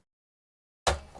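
A plastic drive tray is pushed back into a Dell Optiplex 7010 small form factor desktop PC case, with the cables moved out of the way. After near silence, it latches home with one sharp click at 0.9 s, followed by a faint settling tick at 1.2 s. The tray is locked into place.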